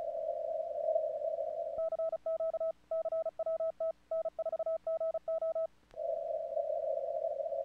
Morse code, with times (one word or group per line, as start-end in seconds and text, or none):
1.8-2.7 CQ
2.9-3.9 CWT
4.1-5.7 N4GO